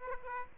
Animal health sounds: mosquito wingbeat signal from an infrared sensor; Aedes aegypti

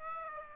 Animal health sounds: mosquito wingbeat signal from an infrared sensor; Aedes aegypti

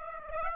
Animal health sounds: mosquito wingbeat signal from an infrared sensor; Aedes aegypti

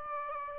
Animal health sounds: mosquito wingbeat signal from an infrared sensor; Aedes aegypti

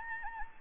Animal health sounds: mosquito wingbeat signal from an infrared sensor; Anopheles gambiae

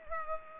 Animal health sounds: mosquito wingbeat signal from an infrared sensor; Culex pipiens

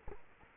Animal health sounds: mosquito wingbeat signal from an infrared sensor; Culex quinquefasciatus

